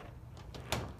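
The front-opening door of a 1957 microcar is shut by hand, then its separate latch is closed, because this door does not latch like a normal car door and must be latched shut. Two softer knocks come at about 0.4 s and 0.6 s, followed by the loudest sharp click at 0.7 s as the latch engages and the door is latched shut.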